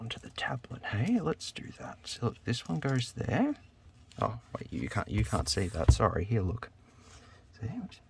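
Someone talks softly while handling a loose plastic piece to fit it back onto a tablet body. The piece is being positioned but has not seated, and nothing has clicked into place yet.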